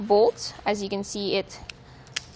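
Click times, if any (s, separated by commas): 2.2 s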